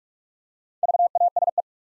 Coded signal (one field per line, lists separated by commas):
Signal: Morse code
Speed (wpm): 44 wpm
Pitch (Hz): 700 Hz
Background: none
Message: VASE